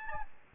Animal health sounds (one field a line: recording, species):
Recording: mosquito wingbeat signal from an infrared sensor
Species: Aedes albopictus